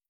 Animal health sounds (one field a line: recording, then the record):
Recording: hydrophone in a shrimp aquaculture tank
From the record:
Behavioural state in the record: feeding